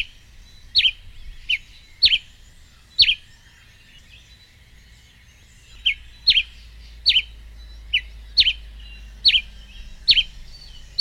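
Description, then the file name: White-lined Tanager song: short, sharp chirped notes repeated at irregular intervals of about half a second to a second, with a pause midway. "canto da pipira preta"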